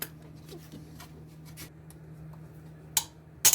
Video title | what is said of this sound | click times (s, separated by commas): 2000 - 2007 ford focus power steering pump replacement | Push it down until it clicks. | 3.0 s